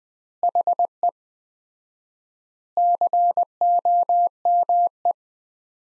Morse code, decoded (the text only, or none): HE COME